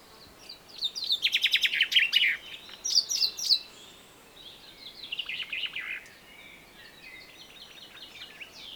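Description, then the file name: Common chaffinch singing a loud, descending trilled phrase, then a short burst of notes and softer, similar phrases. "Fringilla coelebs"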